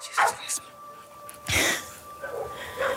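A dog lets out a few short, sharp barks spaced across a few seconds, with thin, high whimpering whines between them over a low background hum.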